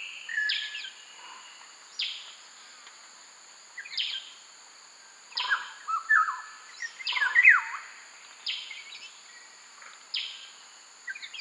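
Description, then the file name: Black-naped oriole giving downslurred whistled notes every second or two, over a continuous shrill insect tone. Subspecies mundus. "Black naped Oriole Oriolus chinensis mundus"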